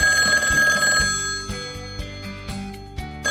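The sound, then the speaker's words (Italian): A telephone bell rings with a bright, sustained metallic trill at first, then thins into a steady tone marked by soft, regular taps about twice a second. No one speaks. “E allora il grande maestro è costretto a fare una telefonata che gli costerà fatica a fare.”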